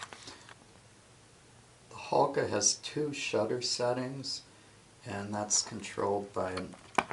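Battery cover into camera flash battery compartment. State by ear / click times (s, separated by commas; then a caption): seated / 0.0 s. The plastic battery cover of a Holga toy film camera is pressed back onto the flash's battery compartment and snaps in place with a short, sharp click at 0.0 s, followed by a couple of faint handling sounds. Afterward someone talks, and the cover is seated.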